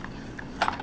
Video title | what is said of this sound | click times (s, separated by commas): spiralizer tips and tricks | turn it until you feel it's locked into place | 0.6 s, 0.7 s